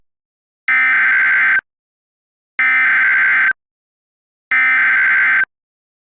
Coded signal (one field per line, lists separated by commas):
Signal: Emergency Alert System (SAME) tones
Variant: header bursts